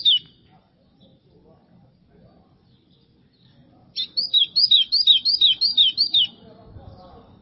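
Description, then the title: White-throated seedeater: one whistled note, a quiet gap, then a quick phrase of sliding whistled notes. "Canto Do Golinha"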